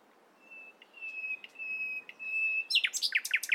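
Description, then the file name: Common nightingale song opening with long soft whistled notes, then a burst of loud rapid swooping notes repeated several times. "Luscinia megarhynchos"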